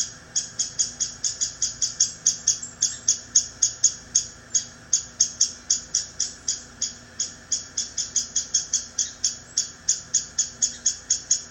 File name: Downy Woodpecker